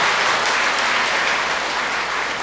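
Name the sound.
audience applause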